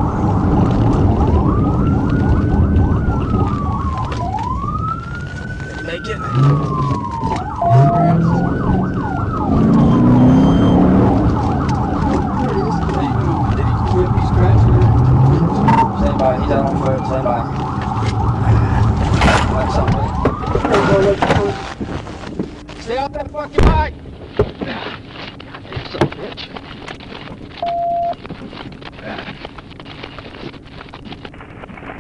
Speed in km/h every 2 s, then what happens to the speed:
63, 26, 18, 32, 40, 56, 26, 37, 39, 31, 0, 0, 0, 0, 0, 0.
0-3 brakes to 18. 5-9 speeds up to 56. 15-19 brakes to 0. 19-32 standing.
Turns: 11-18.